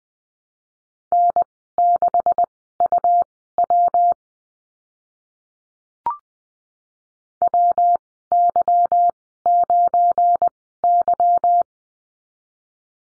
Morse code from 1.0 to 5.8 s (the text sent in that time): N6UW